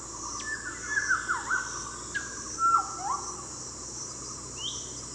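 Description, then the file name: Maroon oriole song: several short, fluty, slurred whistled phrases, rising and falling, spaced over a few seconds against a steady high insect drone. "Patrik berg - Krovavaya ivolga Oriolus traillii"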